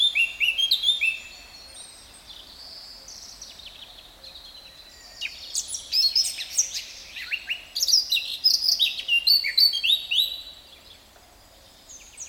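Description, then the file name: Eurasian blackcap singing two phrases, the first brief, the second a longer jumble of clear fluty whistles and rapid twittering. "Sylvia atricapilla"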